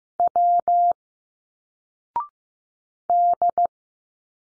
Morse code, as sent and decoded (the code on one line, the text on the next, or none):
.-- / -..
W D